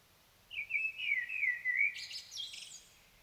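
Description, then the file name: Common blackbird song phrase, rich fluty notes sliding downward and then breaking into a high squeaky flourish, with light background hiss. "Turdus merula"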